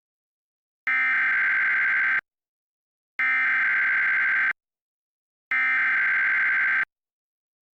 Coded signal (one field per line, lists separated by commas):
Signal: Emergency Alert System (SAME) tones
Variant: header bursts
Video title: Optimum Beckley, WV Clear-QAM EAS Channel - Tornado Warning Test 3/25/2025 11:02 AM EDT